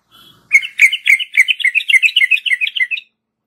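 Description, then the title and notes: Yellow-vented bulbul bursts into a rapid volley of several bright, bubbly notes after a faint soft opening, then stops abruptly. Tutor (masteran) recording for training other birds, of a champion bird in the 'tembakan' song style. "MASTERAN Trucukan Tembakan. trucuk juara"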